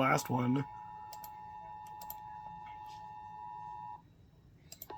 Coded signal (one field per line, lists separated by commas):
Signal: Emergency Alert System (SAME) tones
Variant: 853 and 960 Hz attention tone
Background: speech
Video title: REPLAY (L.S. EAS #145) Severe Thunderstorm Warning